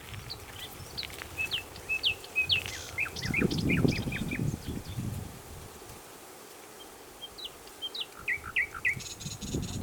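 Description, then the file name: Common nightingale song in scattered, varied phrases of sharp sweeping notes and short chirps, with pauses between phrases over steady low background noise. "Luscinia megarhynchos"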